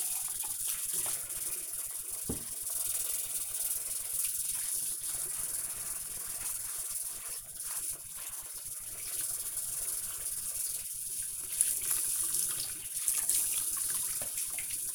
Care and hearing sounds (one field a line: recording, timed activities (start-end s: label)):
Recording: household activities, microphone on the right wrist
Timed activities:
0.00-14.95 s: washing dishes